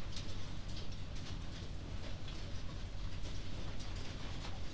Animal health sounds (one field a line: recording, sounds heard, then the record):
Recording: poultry house recording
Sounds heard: no chicken sound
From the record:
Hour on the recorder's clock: 21